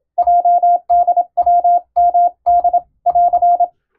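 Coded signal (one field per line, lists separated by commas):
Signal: Morse code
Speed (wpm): 26 wpm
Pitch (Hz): 700 Hz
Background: none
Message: JDWMD <AR>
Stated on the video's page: Morse code receiving practice for amateur radio using European-language telegram sending practice text.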